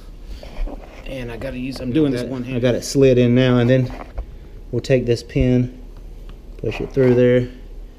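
A man talks while handling the fin of an inflatable paddle board: the fin has been slid into the single fin box, and he is about to push the retaining pin through. A few faint, brief handling knocks sound under the speech. Nothing has seated or clicked yet; the pin has not snapped into the fin box by the end of the clip.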